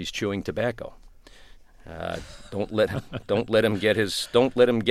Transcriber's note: soundbite of laughter